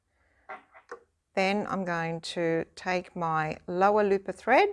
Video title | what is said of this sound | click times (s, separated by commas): Threading your Babylock Enspire | turn the hand wheel towards me until I hear that click. | 0.9 s